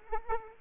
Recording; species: mosquito wingbeat signal from an infrared sensor; Culex quinquefasciatus